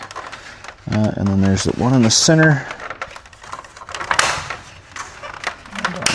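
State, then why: Seated. Someone talks, then the center plastic clip of an American Modified 24+ Armor Grille with DRL and OEM emblem hole is pushed into the front end of a Ford F150 Tremor after the side clips. Sharp clicks come at 4.1, 4.2 and 6.1 seconds as the center clip snaps home and seats.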